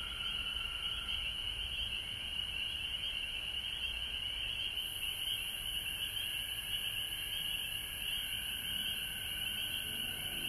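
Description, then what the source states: Frogs calling in a dense, unbroken high-pitched chorus with a fainter lower band of calls, steady for the whole stretch. Recorded at home in Georgia on March 19, 2020.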